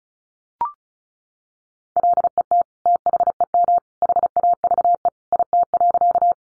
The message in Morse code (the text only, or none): LET THEM HAVE IT.